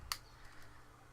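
The extendable shaft in the handle of a 60-in-1 magnetic precision screwdriver is moved between its lock positions and clicks forward into a detent. A single sharp, bright click sounds at 0.1 s, followed by quiet low background. The shaft seats and locks into place.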